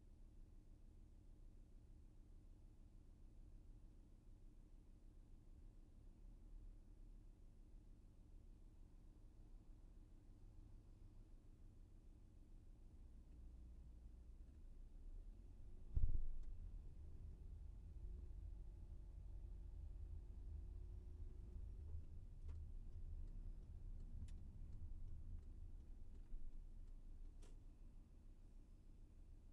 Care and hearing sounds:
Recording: everyday scene through a hearing-aid microphone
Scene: in a vehicle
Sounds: engine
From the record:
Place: VW T5 Caravelle, diesel engine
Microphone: behind the ear, left, front

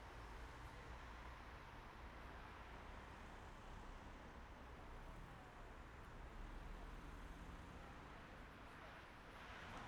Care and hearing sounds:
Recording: everyday scene through a hearing-aid microphone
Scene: in traffic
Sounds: traffic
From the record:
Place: main road on the outskirts, rush hour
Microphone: behind the ear, right, rear

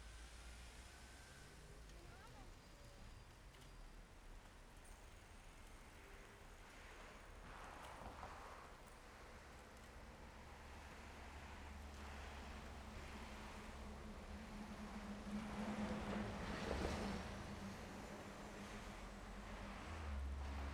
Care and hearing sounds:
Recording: everyday scene through a hearing-aid microphone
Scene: in traffic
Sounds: traffic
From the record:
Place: main road on the outskirts, rush hour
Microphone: behind the ear, left, front

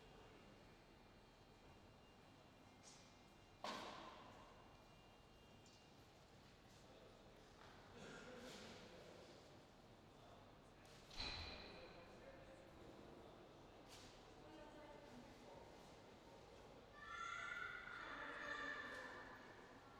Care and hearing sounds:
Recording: everyday scene through a hearing-aid microphone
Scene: reverberant space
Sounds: background noise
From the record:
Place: railway station hall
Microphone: in the ear canal, left

